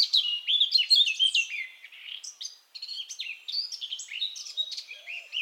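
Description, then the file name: Eurasian blackcap song: bright whistled phrases mixed with short chatter, a short gap partway, then more varied warbling notes. "Sylvia atricapilla"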